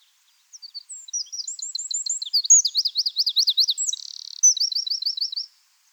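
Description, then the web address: Eurasian wren song: a rapid, high-pitched run of buzzy trills and sharp twittering notes, loud and energetic, lasting about five seconds. "SETE Troglodytes troglodytes"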